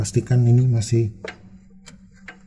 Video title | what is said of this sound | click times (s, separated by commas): NVMe Adapter PCI express | sudah terkunci yang di situ Oke | 2.3 s